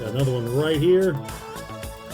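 A square plastic shoulder piece is handled and lined up with the tabs on the arm of a Blokees Transformers Galaxy Version Series 1 figure, to be slid on until it snaps into place. Someone talks over background music with a country, guitar-like feel. Nothing has seated or clicked yet.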